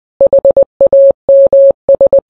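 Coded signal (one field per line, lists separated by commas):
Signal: Morse code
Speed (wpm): 20 wpm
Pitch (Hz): 550 Hz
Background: none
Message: HAMS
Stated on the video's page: Kenwood TS-590 transceiver.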